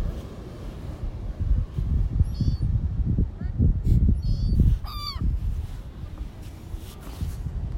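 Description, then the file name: Gull calls: a few short mewing cries over steady low rumbling noise. Recorded at Coney Island. "Seagulls Coney Island"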